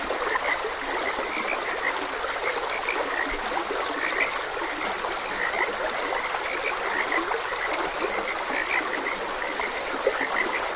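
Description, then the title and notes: Frog chorus of short, repeated croaks from several callers, steady throughout, with a babbling stream as a constant background wash. Frogs croaking beside a gentle stream, presented as calming nature ambience for rest and sleep. "Frogs Croaking. Sleep and Relaxation Podcast"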